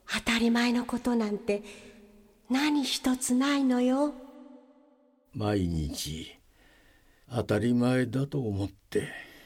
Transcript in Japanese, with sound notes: 当たり前のことなんて、何一つないのよ。… （つぶやく）
毎日、当たり前だと思って